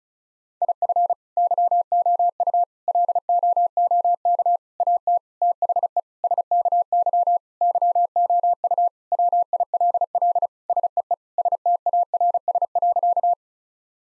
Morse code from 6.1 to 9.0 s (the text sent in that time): SKY YOU